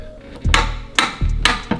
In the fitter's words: we've got three clicks there so what we want to do